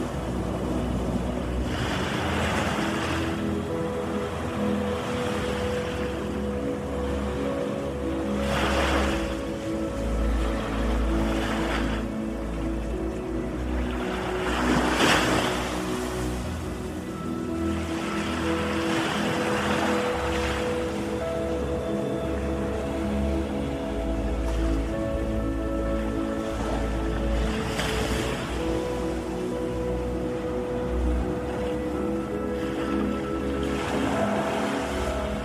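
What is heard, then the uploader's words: Ocean waves wash in every five to seven seconds, each surge rising into a hiss and fading, over calm meditation music of long, held tones. A deep, steady rumble sits underneath, and the overall level stays even throughout. Easy Relaxation Ocean Waves and Meditation Music.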